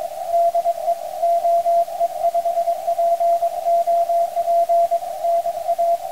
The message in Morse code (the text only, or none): DE OE5POP NA